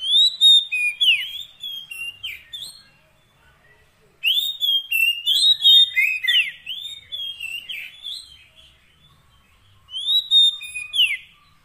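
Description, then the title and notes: Oriental magpie-robin song: bursts of varied clear whistles and quick slurred notes, two long phrases separated by a short pause, then a brief third burst. Long-duration 'isian' fill-in song, meant to make the bird sing profusely day and night. "Kacer Jadi Gacor Siang Malam. Isian Kacer Durasi Panjang"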